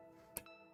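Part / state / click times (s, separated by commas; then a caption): flange bearings and shims into a 3D-printed printer gantry part / seated / 0.4 s. Two flange bearings with two M3 shims are pressed into a 3D-printed gantry part of an LDO Micron Plus 3D printer kit. A sharp click sounds at 0.4 s, followed by a softer tap at about 0.5 s, over a steady faint background hum. The bearings snap and seat into place.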